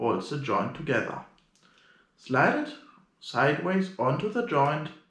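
A small plastic joint clip is being slid sideways onto a tapered ground glass joint while someone talks. Only faint, quiet handling sounds are heard, around 1.4 and 1.6 seconds, between stretches of speech. Nothing has seated or clicked yet.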